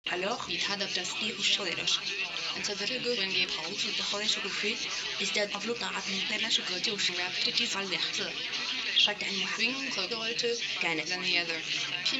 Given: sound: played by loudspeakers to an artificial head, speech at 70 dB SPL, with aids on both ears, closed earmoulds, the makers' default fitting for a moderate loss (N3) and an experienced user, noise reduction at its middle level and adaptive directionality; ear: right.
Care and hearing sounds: speech test signal (ISTS) in cocktail-party noise; +6 dB; in front (0 degrees)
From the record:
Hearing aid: class 1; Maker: A

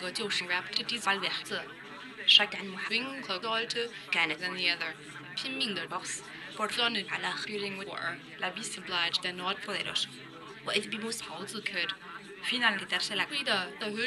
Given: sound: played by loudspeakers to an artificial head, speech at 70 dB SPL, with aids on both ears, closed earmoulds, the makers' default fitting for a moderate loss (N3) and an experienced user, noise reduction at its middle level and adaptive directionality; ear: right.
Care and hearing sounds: speech test signal (ISTS) in cocktail-party noise; +3 dB; on the right (90 degrees)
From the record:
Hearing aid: class 1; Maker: E

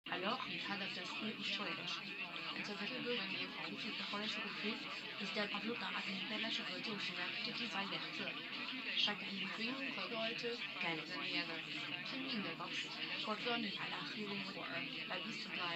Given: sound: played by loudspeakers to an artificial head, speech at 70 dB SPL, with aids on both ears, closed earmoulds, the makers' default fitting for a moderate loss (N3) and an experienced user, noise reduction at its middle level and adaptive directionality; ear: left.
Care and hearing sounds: speech test signal (ISTS) in cocktail-party noise; +3 dB; on the right (90 degrees)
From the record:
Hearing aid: class 1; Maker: D

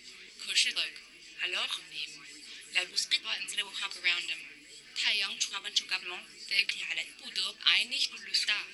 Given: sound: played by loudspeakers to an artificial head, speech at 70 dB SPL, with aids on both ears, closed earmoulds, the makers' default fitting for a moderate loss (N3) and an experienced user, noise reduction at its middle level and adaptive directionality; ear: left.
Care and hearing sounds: speech test signal (ISTS) in cocktail-party noise; +3 dB; in front (0 degrees)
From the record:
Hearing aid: class 2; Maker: H

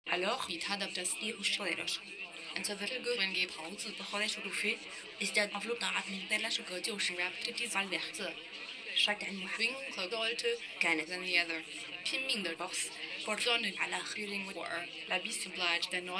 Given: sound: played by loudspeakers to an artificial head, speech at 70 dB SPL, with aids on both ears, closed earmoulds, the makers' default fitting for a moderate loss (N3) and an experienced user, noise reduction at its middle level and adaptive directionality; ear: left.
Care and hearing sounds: speech test signal (ISTS) in cocktail-party noise; +9 dB; in front (0 degrees)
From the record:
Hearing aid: class 2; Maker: C

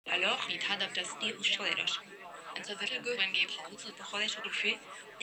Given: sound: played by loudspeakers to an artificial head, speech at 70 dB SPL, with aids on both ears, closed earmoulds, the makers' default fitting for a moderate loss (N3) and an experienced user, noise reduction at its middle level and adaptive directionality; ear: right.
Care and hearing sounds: speech test signal (ISTS) in cocktail-party noise; +3 dB; in front (0 degrees)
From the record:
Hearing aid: class 1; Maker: I

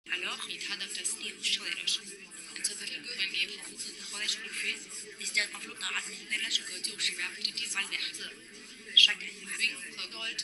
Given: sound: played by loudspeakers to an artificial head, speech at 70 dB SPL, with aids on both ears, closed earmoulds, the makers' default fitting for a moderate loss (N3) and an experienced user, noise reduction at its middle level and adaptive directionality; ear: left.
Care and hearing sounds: speech test signal (ISTS) in cocktail-party noise; -6 dB; in front (0 degrees)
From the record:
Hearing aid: class 2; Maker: J

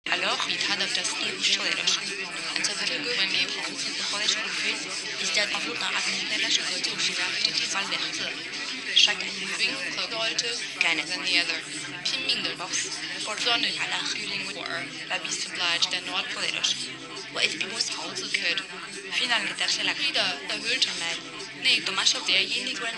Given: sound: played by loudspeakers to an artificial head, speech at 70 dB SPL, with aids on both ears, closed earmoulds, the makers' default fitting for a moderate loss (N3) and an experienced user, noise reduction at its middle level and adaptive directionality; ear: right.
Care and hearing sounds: speech test signal (ISTS) in cocktail-party noise; -6 dB; in front (0 degrees)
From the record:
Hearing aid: class 1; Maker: B

